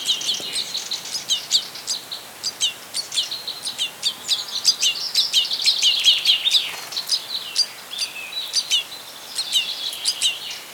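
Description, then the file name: Red crossbill calls: many short, sharp chip notes repeated rapidly, mixed with warbling twitters. Pine wood along Camí de s'Arxiduc, 21 June 2015, 11 h. "Pinar-1 Trencapinyes Camí-de-s Arxiduc 150621 11 h"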